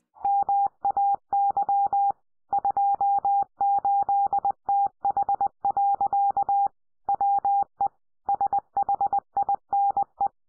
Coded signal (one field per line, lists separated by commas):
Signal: Morse code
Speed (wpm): 20 wpm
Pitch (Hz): 800 Hz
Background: none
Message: MAY 28TH. WE SHINE